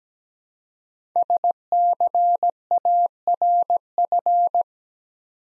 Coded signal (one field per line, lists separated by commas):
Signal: Morse code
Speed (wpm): 17 wpm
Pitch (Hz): 700 Hz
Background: none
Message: SCARF